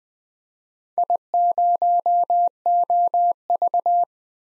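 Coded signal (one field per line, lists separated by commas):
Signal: Morse code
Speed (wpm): 20 wpm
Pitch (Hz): 700 Hz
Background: none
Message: I0OV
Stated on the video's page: Morse practice of 4-character DXCC call signs at 20 wpm for head-copy, each sent, spoken, then sent again.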